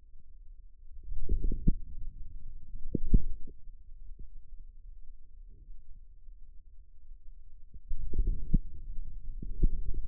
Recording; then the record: forearm muscle sounds (acoustic myography)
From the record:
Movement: outward rotation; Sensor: system 2, bracelet of six BSWA MPA416 microphones around the upper forearm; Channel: 1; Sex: male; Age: 22 years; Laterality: right